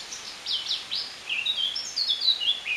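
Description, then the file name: Eurasian blackcap warbling song, a quick run of high, varied chirping notes in several short bursts. "Sylvia atricapilla"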